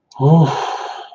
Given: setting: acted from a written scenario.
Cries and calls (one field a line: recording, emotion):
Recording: vocal sound without words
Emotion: ecstasy